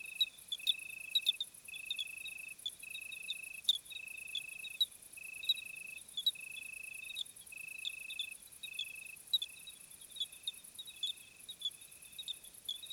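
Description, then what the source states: Crickets calling, a regular run of short buzzy trills about every second, backed by a constant high insect hum and scattered clicks. Summer night chorus, 26 July 2020 at 21:15, Plateau de Lesches-en-Diois; hot night; recorded with Nagra Seven and B&K omni microphone.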